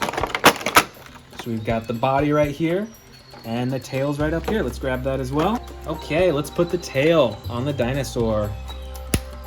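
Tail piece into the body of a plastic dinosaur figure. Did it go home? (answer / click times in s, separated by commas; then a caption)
yes / 9.1 s. Someone talks over background music while handling a plastic Baryonyx toy dinosaur figure, with a few light plastic clinks near the start. The plastic tail piece is pushed onto the body, and a sharp click at 9.1 s shows it seated.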